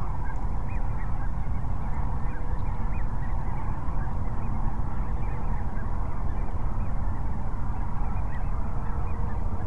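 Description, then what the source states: Sandhill crane flock chorus, with many rattling, trumpeting calls overlapping and some louder individual notes standing out over a constant deep rumble. Sandhill cranes at Cochise Lakes on 30 January 2019.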